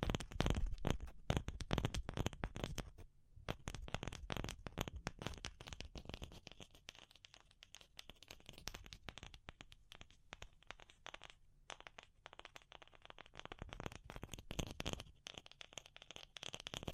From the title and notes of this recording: ASMR Pure Tapping Fast and Slow (No Talking).